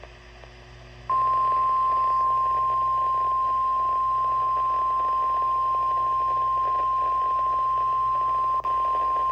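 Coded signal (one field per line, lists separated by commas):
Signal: Emergency Alert System (SAME) tones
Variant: 1050 Hz attention tone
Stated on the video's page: NOAA Weather Radio flash flood warning broadcast.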